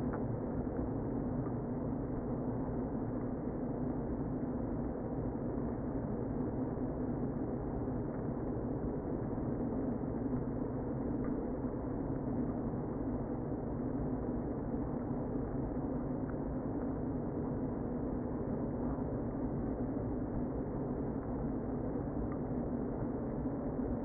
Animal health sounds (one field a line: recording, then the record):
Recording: honeybee colony, microphone inside the hive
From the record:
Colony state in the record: queen present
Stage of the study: before two queens were removed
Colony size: about 60,000 bees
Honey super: yes